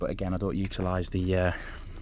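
A BB magazine is handled before going into a Crossman R1 4.5mm CO2 BB air rifle while someone talks throughout. The magazine has not seated or clicked yet in this clip.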